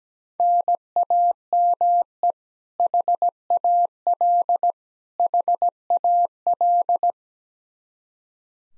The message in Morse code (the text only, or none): NAME HAL HAL